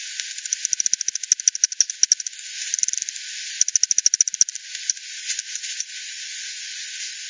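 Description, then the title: Bats give dry rhythmic clicks in quick runs, two dense pulse trains separated by a brief lull, with background hiss. Multiple bats at Hogsmill River, Hogsmill Lane, 7 Oct 2020, 18:10 Z; frequency-division (FD10) recording, bandpass filtered 1500 to 7500, resampled 48 to 16 ksps. "WW bat 20201007 T 18 : 10 Z-Hogsmill-Lane-Hogsmill-River-multiple-bats-FD 10"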